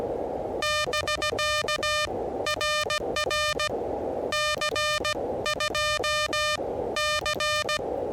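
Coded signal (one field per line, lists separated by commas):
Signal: Morse code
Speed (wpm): 17 wpm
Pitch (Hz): 1210 Hz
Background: music, radio noise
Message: <BK> RR C2C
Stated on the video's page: 20 m POTA park activation at 16 WPM on an Elecraft KH1.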